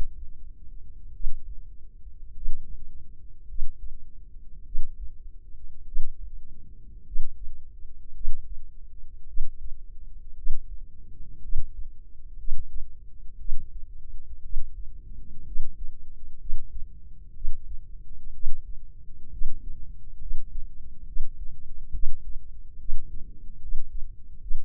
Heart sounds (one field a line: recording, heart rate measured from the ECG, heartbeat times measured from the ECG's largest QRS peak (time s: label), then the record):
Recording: heart sounds by microphone in the left ear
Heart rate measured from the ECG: 59 bpm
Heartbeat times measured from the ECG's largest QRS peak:
1.12 s: heartbeat
2.33 s: heartbeat
3.46 s: heartbeat
4.63 s: heartbeat
5.84 s: heartbeat
7.03 s: heartbeat
8.12 s: heartbeat
9.25 s: heartbeat
10.34 s: heartbeat
11.40 s: heartbeat
12.35 s: heartbeat
13.36 s: heartbeat
14.40 s: heartbeat
15.43 s: heartbeat
16.37 s: heartbeat
17.32 s: heartbeat
18.31 s: heartbeat
19.29 s: heartbeat
20.18 s: heartbeat
21.04 s: heartbeat
21.90 s: heartbeat
22.76 s: heartbeat
23.59 s: heartbeat
24.39 s: heartbeat
From the record:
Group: healthy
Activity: rest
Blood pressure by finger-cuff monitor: 124/78 mmHg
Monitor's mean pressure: 91 mmHg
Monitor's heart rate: 58 bpm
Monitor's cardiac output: 4.7 L/min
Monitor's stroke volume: 85 mL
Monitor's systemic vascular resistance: 1420 dyn s/cm5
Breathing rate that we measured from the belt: 15 breaths a minute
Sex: female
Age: 23 years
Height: 160 cm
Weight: 50.4 kg